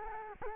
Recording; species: mosquito wingbeat signal from an infrared sensor; Culex quinquefasciatus